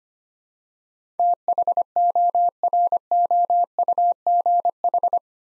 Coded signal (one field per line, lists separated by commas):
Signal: Morse code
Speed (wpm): 25 wpm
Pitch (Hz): 700 Hz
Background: none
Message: THOROUGH